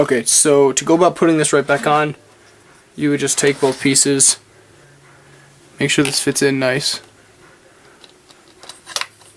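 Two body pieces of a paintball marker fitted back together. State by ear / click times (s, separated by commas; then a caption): seated / 9.0 s. Someone talks while reassembling a paintball marker, taking its two body pieces and fitting them together. After a few quiet handling taps, the pieces are pushed together and click into place at 9.0 s, seated.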